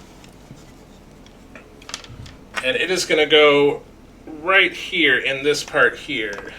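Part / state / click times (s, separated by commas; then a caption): plastic hose fitting into a scale model engine part / not seated / none. A plastic hose part for a Fanhome scale model of the 1966 Batmobile engine is picked up and positioned over its mounting point, with light handling taps and clicks around 1.6–2.3 seconds. Someone then talks. The hose has not been pushed home yet, and nothing has seated or clicked.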